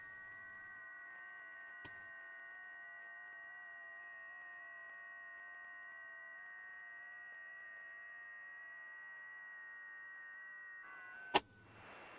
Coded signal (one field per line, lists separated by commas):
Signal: FT8